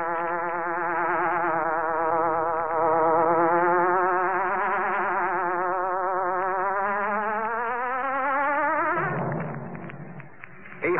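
Hornet buzzing in a sustained drone that rises and falls gently in pitch, then breaks off near the end into scuffing and tapping sounds.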